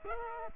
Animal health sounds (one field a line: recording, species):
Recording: mosquito wingbeat signal from an infrared sensor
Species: Culex quinquefasciatus